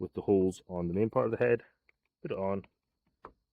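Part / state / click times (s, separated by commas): bump feed head cover onto string trimmer head / seated / 3.2 s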